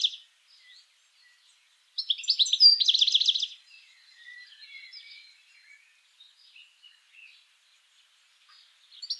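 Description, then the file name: European goldfinch calls: a burst of rapid tinkling, buzzy notes lasting over a second, followed by scattered faint twitters and a sharp note at the end. "Carduelis carduelis"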